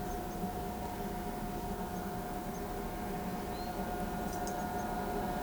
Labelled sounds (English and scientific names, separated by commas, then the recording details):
none
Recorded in pastures near Pivijay, Magdalena, Colombia, on 15 April 2023 at 13:30
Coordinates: 10.456, -74.369
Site P6-G026